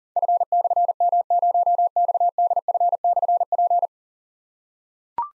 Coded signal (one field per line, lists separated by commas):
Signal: Morse code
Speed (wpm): 39 wpm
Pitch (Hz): 700 Hz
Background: none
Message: F/M0XDF/P